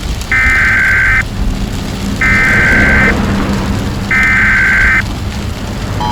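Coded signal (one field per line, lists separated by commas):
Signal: Emergency Alert System (SAME) tones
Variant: header bursts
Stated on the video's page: Fictional EAS mock with scenario tie-in.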